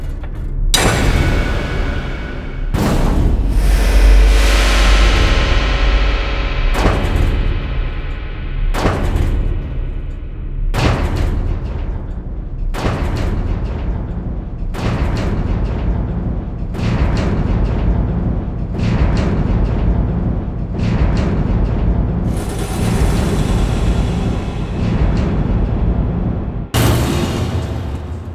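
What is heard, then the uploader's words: Heavy metal clanks and impacts strike every two seconds or so, each one sharp and bright at the start, then ringing and fading. A dense, rumbling low mechanical drone runs underneath throughout, with a hissing, grinding burst around the fourth second. Designed metal sound FX. Created from field-recordings. Recorded with a Neuman RSM191 and a stereo setup of Barcus Berry 4K contact mics. Factory machine clanks, metal devices, heavy industry and mechanism sequences.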